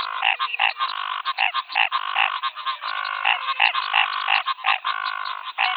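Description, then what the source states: Many frogs croaking at once, with pulsed nasal calls repeating quickly and overlapping into a steady, busy chorus. Frog chorus, 'rush hour', Pantanal, Brazil, 2022.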